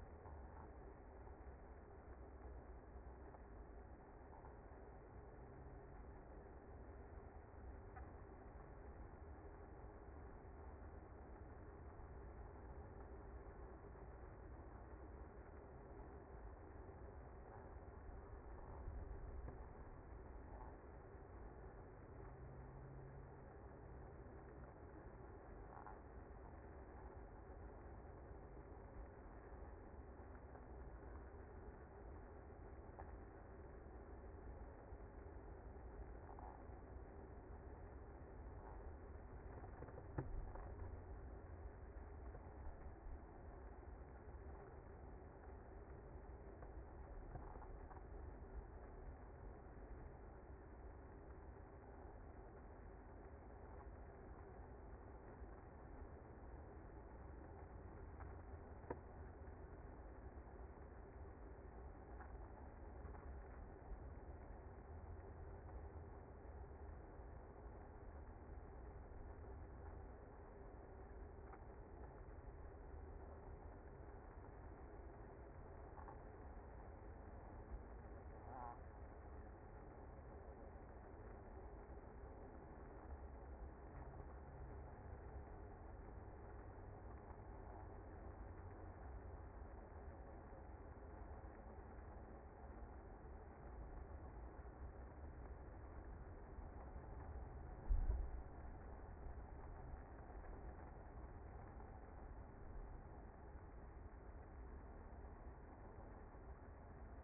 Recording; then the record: honeybee colony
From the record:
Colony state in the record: active